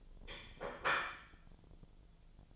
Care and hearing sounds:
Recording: daily activity, microphone in the room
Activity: place plate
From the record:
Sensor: 5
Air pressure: 1009.5 hPa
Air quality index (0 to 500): 169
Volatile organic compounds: 4 ppm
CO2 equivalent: 1637 ppm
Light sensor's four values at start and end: 96/256/104/110 and 96/256/104/110

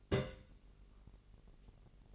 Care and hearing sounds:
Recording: daily activity, microphone in the room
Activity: place on stove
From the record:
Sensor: 4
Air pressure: 1002.9 hPa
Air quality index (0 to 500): 234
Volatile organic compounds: 9 ppm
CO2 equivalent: 2192 ppm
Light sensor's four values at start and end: 7/15/6/6 and 7/15/6/6

